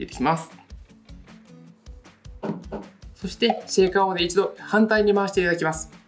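A plastic screw lid is turned backwards on a plastic protein shaker bottle, a step meant to line up the threads before screwing it down firmly. Someone talks over faint handling noises and soft ticks, with music in the background. Nothing has clicked or seated yet.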